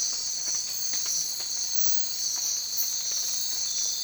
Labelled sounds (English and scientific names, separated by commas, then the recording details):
none
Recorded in secondary vegetation near Puerto Asís, Putumayo, Colombia, on 30 June 2025 at 04:00
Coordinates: 0.499, -76.323
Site G077